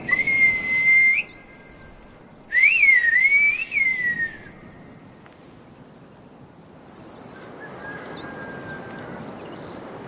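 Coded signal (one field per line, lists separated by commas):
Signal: whistled language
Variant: Silbo Gomero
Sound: two loud gliding whistled phrases rising and falling in pitch, then faint outdoor hiss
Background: outdoor ambience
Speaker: créé pour ce qui est intime mais pour ce qui est public pour ce qui doit se dire à voix haute et qui peut-être écouté par tous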